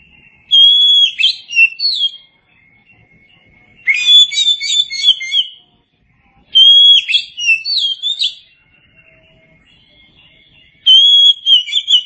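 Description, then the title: Oriental magpie-robin singing loud, varied whistled phrases with sliding notes and quick chirps, in four bursts separated by pauses. "Suara Kicauan Burung Kacer"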